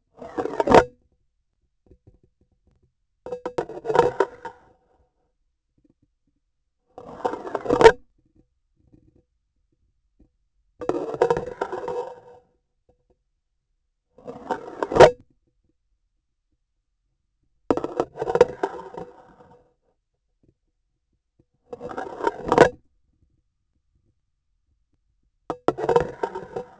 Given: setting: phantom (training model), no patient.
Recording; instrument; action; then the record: laparoscopic instrument, vibration sensor on the handle end; grasping forceps; insertion and removal through the trocar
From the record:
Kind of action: spatial motion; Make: Olympus